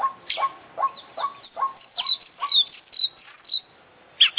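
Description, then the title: Oriental magpie-robin song opening with a run of falling notes spaced under half a second apart, then softer scratchy twitters and a loud closing chirp. International champion competition bird (kacer), song with full, complete 'isian' fill-in repertoire. "KICAU KACER JUARA INTERNASIONAL FULL ISIAN KOMPLIT"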